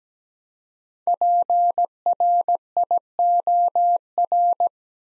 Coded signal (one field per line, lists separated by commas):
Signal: Morse code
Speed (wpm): 17 wpm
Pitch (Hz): 700 Hz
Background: none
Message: PRIOR